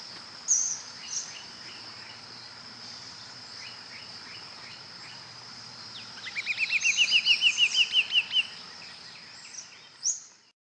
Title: LuckyPassaro Completos2Sama. Green-backed Becard (Pachyramphus viridis viridis)